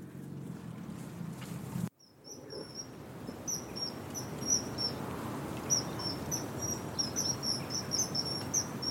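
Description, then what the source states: Kingfisher giving thin, high, piping whistles in short strings from about 2 seconds in, after a low rumble that cuts out abruptly. Heard at dusk by a river in Somerset; two birds thought present; call described as distinctive and fluty; temperature dropping.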